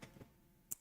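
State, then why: Seated. A plastic LEGO building brick is pressed home onto a brick model of the Yu-Gi-Oh Dark Magician. A couple of faint handling sounds come first, near 0.0 s and 0.2 s. One sharp click follows at 0.7 s as the brick seats in place.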